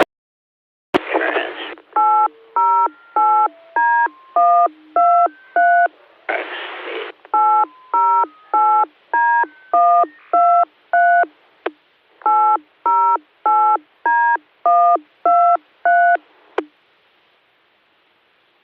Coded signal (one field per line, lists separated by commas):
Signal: DTMF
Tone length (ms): 320 ms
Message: 808D123 808D123 808D123